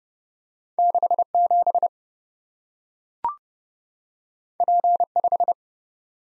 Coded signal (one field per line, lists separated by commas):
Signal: Morse code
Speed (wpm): 30 wpm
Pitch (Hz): 700 Hz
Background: none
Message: 67 P5